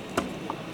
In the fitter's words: 非常简单啊，傻瓜式的。直接扣上去就OK了，